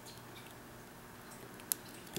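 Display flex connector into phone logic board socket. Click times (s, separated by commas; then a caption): 1.7 s. A display flex connector on a 6 Plus phone is pressed into its logic board socket and seats with a sharp, bright click at 1.7 s. The click stands out against a quiet, steady background, and a fainter tick follows near the end at 2.2 s.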